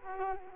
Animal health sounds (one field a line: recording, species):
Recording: mosquito wingbeat signal from an infrared sensor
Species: Culex quinquefasciatus